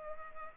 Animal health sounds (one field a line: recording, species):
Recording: mosquito wingbeat signal from an infrared sensor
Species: Culex pipiens